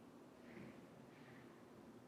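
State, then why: Not seated. A metal screw-down crown on a Longines Hydroconquest 41mm dive watch is being turned into the wristwatch case tube, its threads engaging before the midnight position. Only soft, steady low handling noise and faint breathy rustle are heard, with no sharp click. Nothing has seated or clicked yet; the crown is not yet home.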